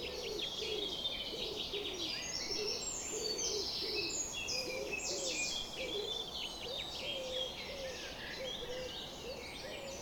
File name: summer morning bird chorus-4 40 am in cobs